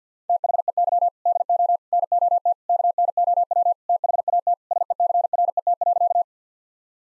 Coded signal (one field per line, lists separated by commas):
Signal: Morse code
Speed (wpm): 50 wpm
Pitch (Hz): 700 Hz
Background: none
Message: THEY DO NOT KNOW THAT SECRET.